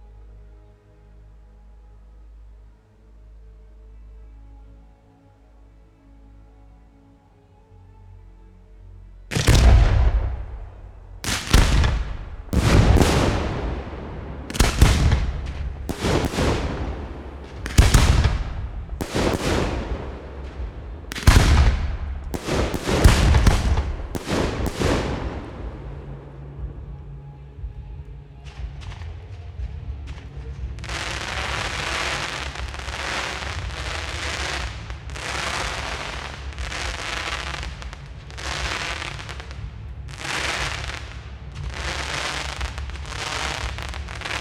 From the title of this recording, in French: Feux d'artifices